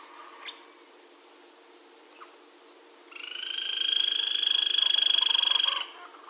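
Grey-crowned woodpecker call: after three quiet seconds, a rapid harmonic pulsed rattle swells in loudness and holds steady for nearly three seconds before stopping abruptly.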